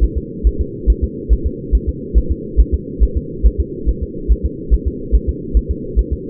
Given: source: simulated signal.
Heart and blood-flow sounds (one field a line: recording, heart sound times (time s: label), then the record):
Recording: fetal heart sounds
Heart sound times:
0.04 s: S1
0.18 s: S2
0.47 s: S1
0.61 s: S2
0.90 s: S1
1.04 s: S2
1.33 s: S1
1.47 s: S2
1.75 s: S1
1.89 s: S2
2.18 s: S1
2.31 s: S2
2.60 s: S1
2.74 s: S2
3.03 s: S1
3.17 s: S2
3.46 s: S1
3.60 s: S2
3.89 s: S1
4.03 s: S2
4.32 s: S1
4.46 s: S2
4.74 s: S1
4.88 s: S2
5.15 s: S1
5.29 s: S2
5.57 s: S1
5.71 s: S2
5.99 s: S1
6.13 s: S2
From the record:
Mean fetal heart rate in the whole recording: 140 bpm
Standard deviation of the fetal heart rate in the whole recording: 2 bpm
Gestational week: 34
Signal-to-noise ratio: -4.3 dB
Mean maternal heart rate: 72 bpm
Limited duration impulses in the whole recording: absent